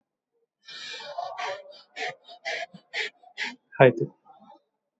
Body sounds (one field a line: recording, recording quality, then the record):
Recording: shallow breathing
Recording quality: excellent, no background noise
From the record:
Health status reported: exposed to COVID-19, no respiratory illness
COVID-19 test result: negative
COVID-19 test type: RT-PCR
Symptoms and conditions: cough, cold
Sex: male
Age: 28 years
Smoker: no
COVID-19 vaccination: both doses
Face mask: worn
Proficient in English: yes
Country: India